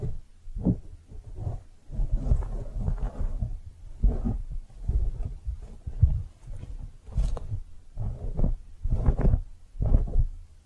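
Soft, squishy brushing, heavy and muffled, in pulsing strokes that come roughly once or twice per second with barely a pause. A few brighter swishes cut through around 7 and 9 seconds, and a low steady rumble sits beneath.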